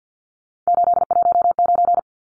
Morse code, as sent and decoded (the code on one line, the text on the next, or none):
---.. .---- ----.
819